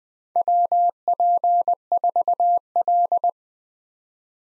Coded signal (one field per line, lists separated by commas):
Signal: Morse code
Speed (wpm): 20 wpm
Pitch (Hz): 700 Hz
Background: none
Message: WP4L